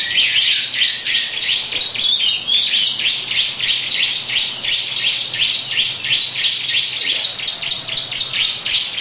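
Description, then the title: Lovebird producing a long, continuous chattering song, high rasping chirps tumbling rapidly without pause for the whole stretch. Long "ngekek" song style. "Lovebird Ngekek Panjang Ciblek"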